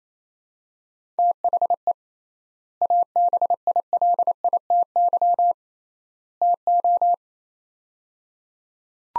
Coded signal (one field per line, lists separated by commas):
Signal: Morse code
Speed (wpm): 28 wpm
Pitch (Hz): 700 Hz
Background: none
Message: THE ABILITY TO